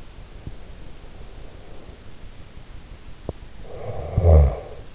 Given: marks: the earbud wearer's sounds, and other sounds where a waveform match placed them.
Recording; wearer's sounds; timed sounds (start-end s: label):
sounds in sleep by an in-ear microphone; breath, snoring breath
0.31-2.21 s: breath
3.58-4.95 s: snoring breath